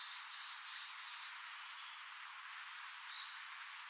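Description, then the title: Bird chirps, a few high, sharp downward-sweeping notes spaced irregularly over a faint hiss, two close together then scattered single notes. "LuckyPassaro Completos2Sama"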